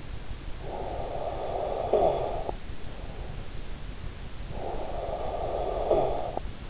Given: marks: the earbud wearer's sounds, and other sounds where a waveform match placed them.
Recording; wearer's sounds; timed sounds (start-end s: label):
sounds in sleep by an in-ear microphone; snoring breath
0.35-2.89 s: snoring breath
4.38-6.70 s: snoring breath